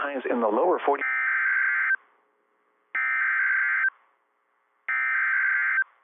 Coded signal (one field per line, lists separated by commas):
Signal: Emergency Alert System (SAME) tones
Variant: header bursts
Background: speech